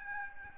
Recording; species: mosquito wingbeat signal from an infrared sensor; Aedes albopictus